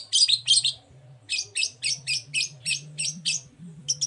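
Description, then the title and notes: Long-tailed shrike song: scratchy, rasping notes in a steady rhythmic series after a brief pause. Morning song with full "toet toet" variations from a constantly singing (gacor) bird, used as a lure to provoke other long-tailed shrikes to answer. "Langsung NYAUTTTTT ! Cendet Gacor Dor Di Kala Pagi Toet Toet Variasi Suara. Pancingan Emosi Cendet Gacor Full Variasi Toet Toet Bikin Nyaut Cendet Lain Langsung Ikutan Bunyi. Burung cendet"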